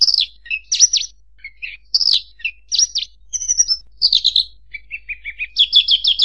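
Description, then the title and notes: Bird singing a lively medley of sharp high chirps, quick slurred whistles and short trills, ending in a rapid repeated series of notes. "MASTERAN BURUNG. suarane manok"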